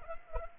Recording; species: mosquito wingbeat signal from an infrared sensor; Anopheles arabiensis